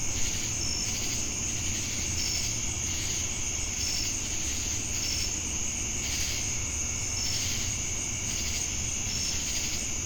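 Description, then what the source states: Shrill continuous cricket trill layered with pulsing buzzy insect sounds and short high tones repeating at intervals, above low steady background noise. Crickets with cicadas in Jamestown, North Carolina, on 10 August 2018.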